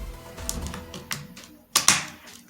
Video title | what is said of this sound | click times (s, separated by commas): #DJI #Safety Anti-Collision Lights For Drones - Lume Cube - (GaDgEt Of ThE wEeK) - 02/20/21 | you will feel it lock into place | 1.9 s